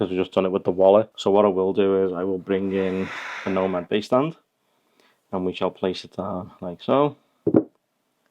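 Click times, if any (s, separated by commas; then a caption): 7.5 s. Someone talks, then an iPhone 16 Pro Max in an Andar Aspen leather case is placed onto a Nomad magnetic wireless charging base stand. A sharp magnetic snap is heard at 7.5 s as the phone seats onto the stand and charges with no issues.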